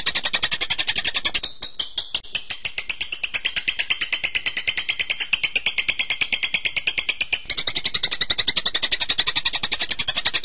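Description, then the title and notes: Bird song: steady, rapid pulsed chatter high in pitch, the note pattern changing briefly near the start and again later. Birdsong for training (masteran). "MASTERAN BURUNG. suarane manok"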